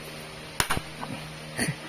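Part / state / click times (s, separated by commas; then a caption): helmet visor from its side pivot mount / released / 0.6 s, 0.7 s. Someone presses the visor release on the side of a Gillee 135 GTS V1 helmet and pulls the plastic visor off its side pivot mount. It snaps free with a sharp snap at 0.6 s and another at 0.7 s, sounding alarming but normal for this helmet, followed by quieter handling noise.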